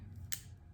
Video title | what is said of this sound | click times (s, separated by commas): Changing My Insulin Pump & CGM Site - Type 1 Diabetes | you hear that click that means it's in there safe and sound | 0.3 s